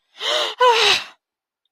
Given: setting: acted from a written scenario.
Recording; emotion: vocal sound without words; pain